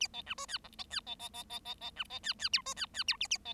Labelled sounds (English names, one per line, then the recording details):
Bengalese Finch song
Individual Bird7